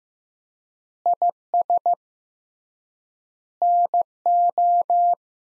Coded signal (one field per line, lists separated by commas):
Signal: Morse code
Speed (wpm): 15 wpm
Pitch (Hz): 700 Hz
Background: none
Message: IS NO